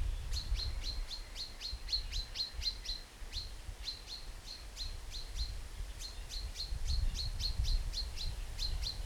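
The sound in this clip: Common chaffinch calls: short, sharp metallic notes repeated rapidly, several each second, over low rumbling background noise.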